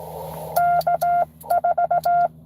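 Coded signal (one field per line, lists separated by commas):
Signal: Morse code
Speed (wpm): 16 wpm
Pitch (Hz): 700 Hz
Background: none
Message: K4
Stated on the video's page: Live park activation (POTA).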